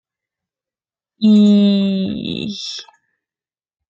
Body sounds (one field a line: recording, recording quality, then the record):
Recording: sustained vowel as in beet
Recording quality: excellent, no background noise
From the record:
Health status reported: exposed to COVID-19, no respiratory illness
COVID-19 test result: negative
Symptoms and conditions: fatigue, muscle pain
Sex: female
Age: 29 years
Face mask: not worn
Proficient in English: yes